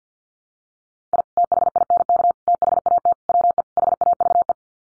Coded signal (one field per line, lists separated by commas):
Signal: Morse code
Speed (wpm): 50 wpm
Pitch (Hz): 700 Hz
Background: none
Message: I THINK THAT WE HAVE